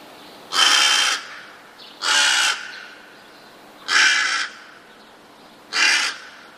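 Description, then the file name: Rook cawing steadily, four harsh, grating calls repeated roughly every one and a half to two seconds, each about half a second long. "gawron"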